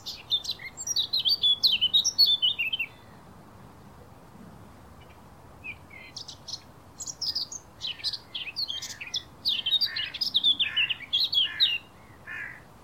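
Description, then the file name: Eurasian blackcap singing two bouts of quick, chattering, whistled warbling, separated by a few seconds of quiet background hiss. "Sylvia atricapilla"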